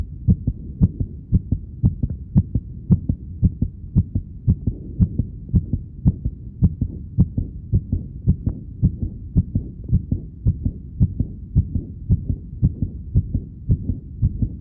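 Steady low thumping heartbeat with paired lub-dub sounds at about 70 beats a minute, over a soft low hum. The strength of the beats rises and falls slightly.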